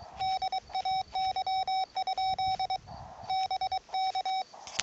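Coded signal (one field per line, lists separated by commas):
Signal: Morse code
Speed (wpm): 23 wpm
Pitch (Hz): 760 Hz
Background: none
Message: DAY? BK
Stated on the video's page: QRP CW portable operation on 80 meters.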